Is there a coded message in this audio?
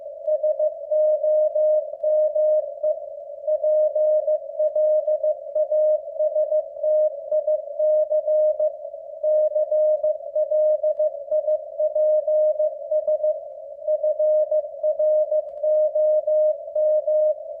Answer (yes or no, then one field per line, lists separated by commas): yes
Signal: Morse code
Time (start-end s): 0.3-17.3 s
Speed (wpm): 15 wpm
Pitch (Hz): 610 Hz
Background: none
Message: SOME PLASTIC CLIPS FROM